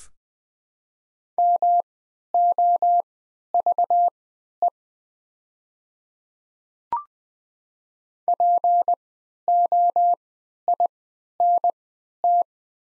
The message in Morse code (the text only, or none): MOVE POINT